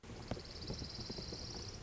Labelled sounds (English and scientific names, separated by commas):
Orange-crowned Warbler (Leiothlypis celata)